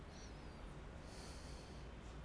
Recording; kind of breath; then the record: one breath in and out by a microphone near the nose and mouth; deep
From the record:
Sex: male